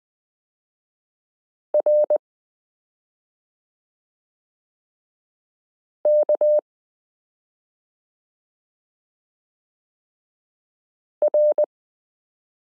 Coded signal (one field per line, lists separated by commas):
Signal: Morse code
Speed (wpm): 20 wpm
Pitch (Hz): 600 Hz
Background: none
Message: R K R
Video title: Morse Code Listening Lesson 9 - m k r s u a p t l o